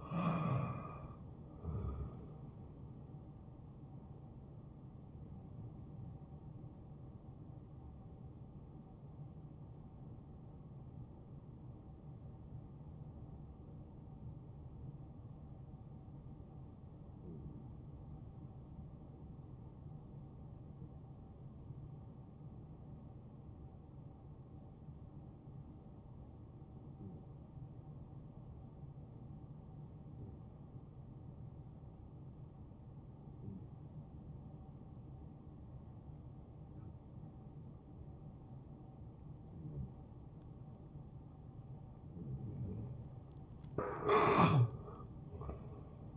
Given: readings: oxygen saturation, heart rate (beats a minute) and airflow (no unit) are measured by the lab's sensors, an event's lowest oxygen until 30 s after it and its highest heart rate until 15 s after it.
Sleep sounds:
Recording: breathing in sleep by a smartphone at the bedside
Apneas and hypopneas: 1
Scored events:
9.00-41.90 s: hypopnea (N1, oxygen 94% highest, then 88% lowest, heart rate 72 at the start, 77 highest)
26.00-46.16 s: new sleep stage, N2 (light sleep)
From the record:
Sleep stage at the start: N1 (lightest sleep)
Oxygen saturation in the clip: 88 to 94%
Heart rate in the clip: 63 to 73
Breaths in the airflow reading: 7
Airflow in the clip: -7.4 to 4.3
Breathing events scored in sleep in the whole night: 263 in 5.5 hours asleep

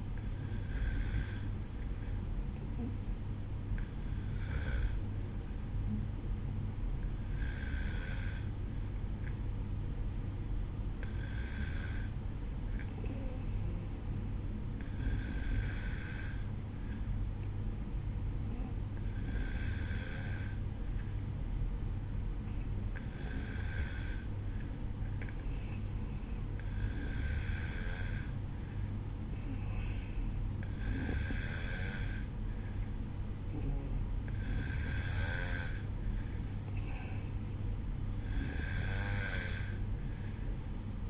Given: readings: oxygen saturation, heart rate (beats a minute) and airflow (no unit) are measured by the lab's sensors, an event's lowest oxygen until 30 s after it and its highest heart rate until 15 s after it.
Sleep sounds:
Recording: breathing in sleep by a smartphone at the bedside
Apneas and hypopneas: none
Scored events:
none scored
From the record:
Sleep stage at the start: N2 (light sleep)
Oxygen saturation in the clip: 92 to 94%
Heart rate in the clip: 52 to 55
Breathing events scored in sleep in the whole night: 305 in 9.6 hours asleep

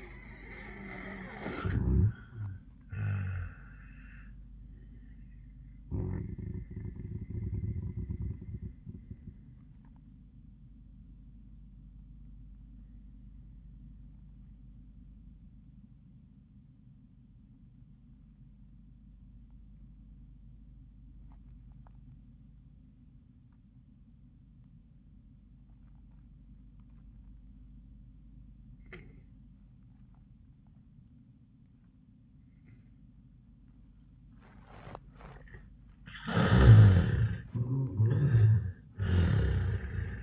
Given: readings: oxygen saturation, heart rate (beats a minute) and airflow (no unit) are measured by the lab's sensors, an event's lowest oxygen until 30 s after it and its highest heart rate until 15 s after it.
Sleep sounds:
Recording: breathing in sleep by a smartphone at the bedside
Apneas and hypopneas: 1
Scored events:
13.00-36.20 s: obstructive apnea (N1, oxygen 98% highest, then 77% lowest, heart rate 71 at the start, 91 highest)
From the record:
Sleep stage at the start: N1 (lightest sleep)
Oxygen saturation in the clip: 79 to 98%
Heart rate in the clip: 69 to 99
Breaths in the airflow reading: 3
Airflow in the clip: -14.1 to 7.8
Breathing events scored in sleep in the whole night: 400 in 8.7 hours asleep

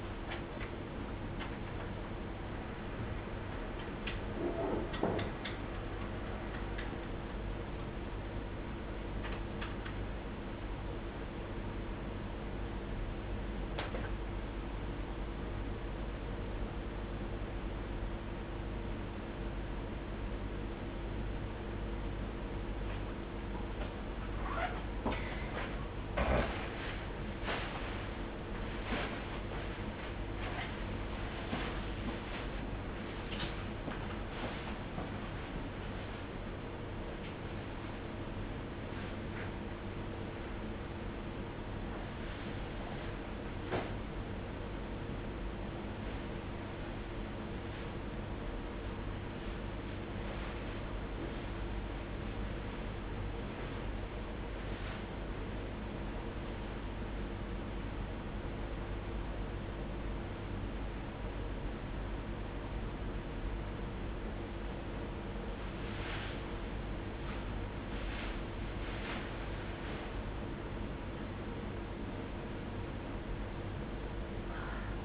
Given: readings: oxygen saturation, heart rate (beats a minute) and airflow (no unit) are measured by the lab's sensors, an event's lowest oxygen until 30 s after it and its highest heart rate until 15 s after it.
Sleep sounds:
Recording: a person awake in a sleep study, by a voice recorder at the bedside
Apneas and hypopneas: none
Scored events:
0.00-75.05 s: awake
From the record:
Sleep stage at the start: awake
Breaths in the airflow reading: 24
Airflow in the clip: -0.6 to 0.6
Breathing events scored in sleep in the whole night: 101 in 7.3 hours asleep

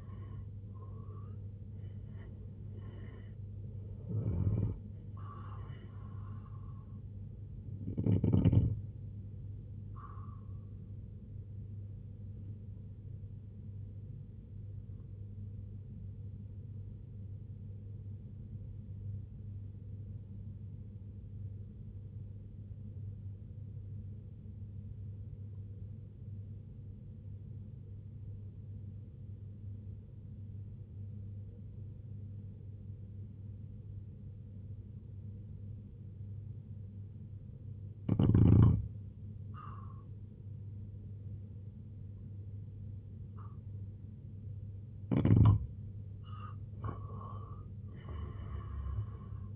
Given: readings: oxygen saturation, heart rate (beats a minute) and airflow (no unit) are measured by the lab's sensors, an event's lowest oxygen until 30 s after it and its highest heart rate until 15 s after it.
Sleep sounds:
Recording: breathing in sleep by a smartphone at the bedside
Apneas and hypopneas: 1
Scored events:
3.00-33.00 s: new sleep stage, N1 (lightest sleep)
10.00-45.00 s: hypopnea (N1, oxygen 95% highest, then 85% lowest, heart rate 74 at the start, 92 highest)
33.00-49.56 s: new sleep stage, N2 (light sleep)
From the record:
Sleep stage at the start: N2 (light sleep)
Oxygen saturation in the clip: 85 to 95%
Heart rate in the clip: 65 to 90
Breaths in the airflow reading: 6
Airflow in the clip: -8.3 to 8.5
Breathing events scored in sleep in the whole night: 258 in 7.4 hours asleep

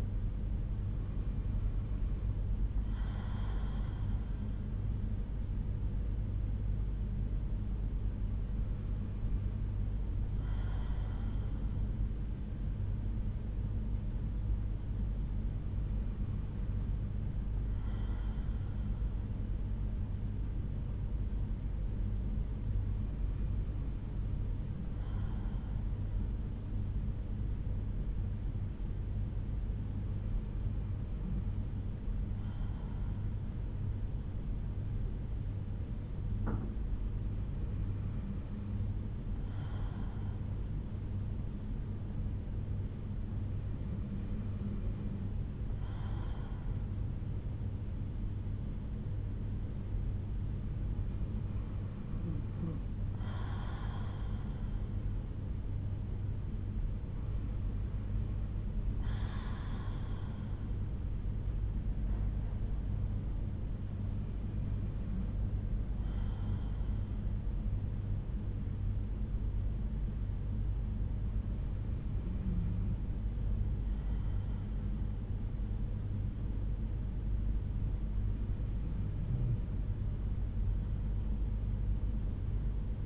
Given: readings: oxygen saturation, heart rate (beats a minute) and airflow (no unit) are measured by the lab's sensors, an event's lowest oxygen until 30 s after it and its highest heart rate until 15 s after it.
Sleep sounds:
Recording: breathing in sleep by a smartphone at the bedside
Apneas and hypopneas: none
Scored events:
none scored
From the record:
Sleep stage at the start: N2 (light sleep)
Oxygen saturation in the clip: 92 to 94%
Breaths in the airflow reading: 12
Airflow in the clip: -5.1 to 5.5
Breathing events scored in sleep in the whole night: 368 in 8.0 hours asleep

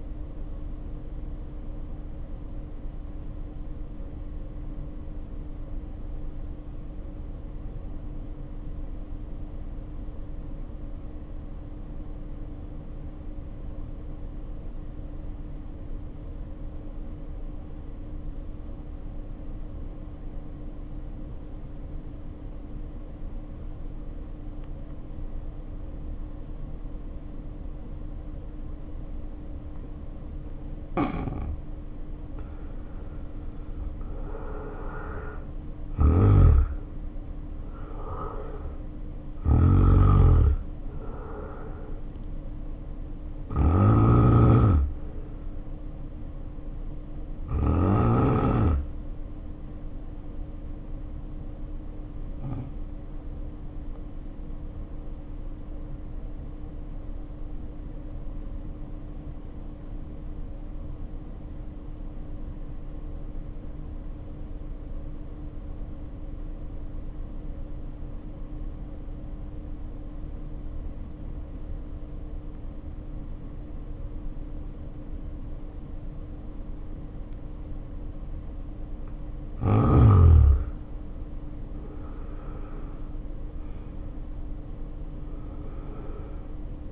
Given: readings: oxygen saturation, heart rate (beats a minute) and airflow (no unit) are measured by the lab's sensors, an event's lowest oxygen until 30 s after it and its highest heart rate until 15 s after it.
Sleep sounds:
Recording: breathing in sleep by a smartphone at the bedside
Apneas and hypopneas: 2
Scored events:
3.00-28.80 s: hypopnea (N1, oxygen 94% highest, then 72% lowest, heart rate 50 at the start, 70 highest)
50.00-81.60 s: hypopnea (N1, oxygen 94% highest, then 72% lowest, heart rate 48 at the start, 69 highest)
66.00-86.92 s: new sleep stage, N2 (light sleep)
From the record:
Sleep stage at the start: N1 (lightest sleep)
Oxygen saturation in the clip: 72 to 94%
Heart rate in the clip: 48 to 70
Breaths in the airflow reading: 27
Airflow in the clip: -1.6 to 2.8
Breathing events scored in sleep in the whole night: 520 in 7.2 hours asleep

